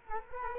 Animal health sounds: mosquito wingbeat signal from an infrared sensor; Culex quinquefasciatus

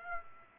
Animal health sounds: mosquito wingbeat signal from an infrared sensor; Aedes aegypti

